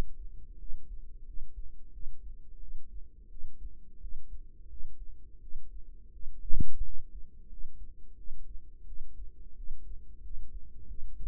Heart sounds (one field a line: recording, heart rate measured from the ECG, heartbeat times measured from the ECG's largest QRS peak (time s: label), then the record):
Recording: heart sounds by microphone in the right ear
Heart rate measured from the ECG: 87 bpm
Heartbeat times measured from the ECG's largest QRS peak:
0.56 s: heartbeat
1.23 s: heartbeat
1.90 s: heartbeat
2.58 s: heartbeat
3.27 s: heartbeat
3.98 s: heartbeat
4.67 s: heartbeat
5.39 s: heartbeat
6.10 s: heartbeat
6.81 s: heartbeat
7.47 s: heartbeat
8.15 s: heartbeat
8.84 s: heartbeat
9.54 s: heartbeat
10.20 s: heartbeat
10.86 s: heartbeat
From the record:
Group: healthy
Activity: rest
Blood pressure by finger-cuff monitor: 73/51 mmHg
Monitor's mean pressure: 59 mmHg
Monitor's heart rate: 87 bpm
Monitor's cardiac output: 6.7 L/min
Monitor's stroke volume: 77 mL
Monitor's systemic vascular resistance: 620 dyn s/cm5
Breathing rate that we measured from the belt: 20 breaths a minute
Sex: female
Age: 19 years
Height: 163 cm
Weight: 48.9 kg